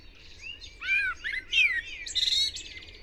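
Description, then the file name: Common blackbird song: rapid arching fluted notes running into a thin, scratchy high twitter, over faint background birdsong. "Turdus merula"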